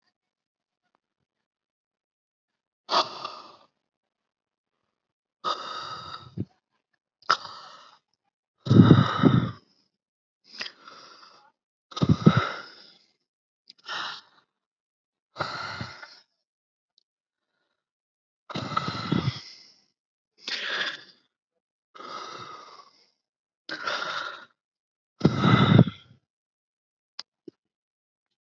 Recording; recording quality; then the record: deep breathing; excellent, no background noise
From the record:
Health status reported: healthy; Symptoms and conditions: none ticked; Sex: male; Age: 26 years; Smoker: yes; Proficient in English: yes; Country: India